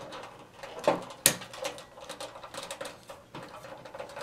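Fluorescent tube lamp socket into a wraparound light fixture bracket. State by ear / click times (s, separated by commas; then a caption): seated / 1.3 s. A replacement fluorescent tube lamp socket, wired to the white and black leads, is slid into its mounting slot in the metal bracket of an F40T12 two-lamp wraparound light fixture. A softer knock at 0.9 s comes before a single loud, sharp snap at 1.3 s as the socket seats, followed by quieter taps and handling noise.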